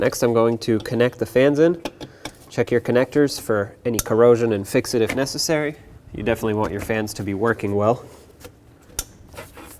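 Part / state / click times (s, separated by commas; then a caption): radiator fan electrical connector into harness plug / seated / 9.0 s. Someone talks while connecting the radiator cooling fans on a 2007-14 Chevy Silverado, then the fan's plastic electrical connector is pushed together into the harness plug. A sharp click at 9.0 s marks the connector seating.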